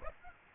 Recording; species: mosquito wingbeat signal from an infrared sensor; Aedes aegypti